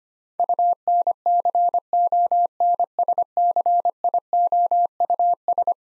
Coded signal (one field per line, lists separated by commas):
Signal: Morse code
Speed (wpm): 25 wpm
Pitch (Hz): 700 Hz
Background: none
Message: UNCONSCIOUS